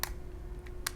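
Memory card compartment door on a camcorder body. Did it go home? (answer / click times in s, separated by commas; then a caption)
released / 0.0 s, 0.9 s. The memory card compartment door on a Canon Vixia 300-series camcorder is opened, and its latch gives sharp little clicks at 0.0 s and 0.9 s, with a fainter tick at about 0.7 s between them. A steady low hum runs underneath, and the door clicks open.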